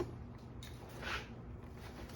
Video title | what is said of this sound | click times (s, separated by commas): 2022 Can Am Outlander 1000 XMR Snorkel Install | snaps in place | 0.6 s